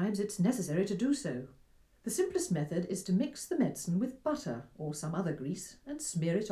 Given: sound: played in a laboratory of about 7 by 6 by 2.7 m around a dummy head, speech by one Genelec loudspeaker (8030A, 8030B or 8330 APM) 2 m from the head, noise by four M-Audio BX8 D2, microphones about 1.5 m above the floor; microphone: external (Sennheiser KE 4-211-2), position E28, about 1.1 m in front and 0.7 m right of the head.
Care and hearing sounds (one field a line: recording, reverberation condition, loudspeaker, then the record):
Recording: female speech in English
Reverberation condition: low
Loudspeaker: 30 degrees to the left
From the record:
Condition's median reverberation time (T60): about 310 ms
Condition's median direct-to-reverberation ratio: about 3.5 dB